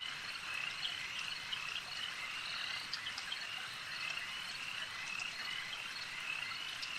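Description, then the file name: Insects buzzing in a dense, unbroken high chorus, many overlapping chirps and trills merging into a steady shimmering hiss with small flickering accents. Insect swarm ambience. "Elijah Wagner - Relaxing Insect Swarm Ambience"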